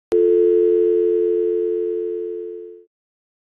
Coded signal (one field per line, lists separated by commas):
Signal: telephone call progress tone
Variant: North America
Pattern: dial tone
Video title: SOS SANATORIA 2020 - SPAGNOLO